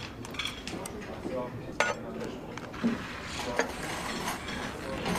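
The wrist of a mechanical hand prosthesis is handled and turned, while someone talks, giving short clinks and mechanical ticks. Nothing has seated or clicked into its locked position yet.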